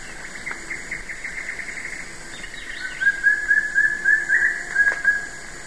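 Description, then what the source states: Wing-barred piprites, a fast string of short whistled notes after a softer opening phrase. Recorded in the eastern lowlands of South America.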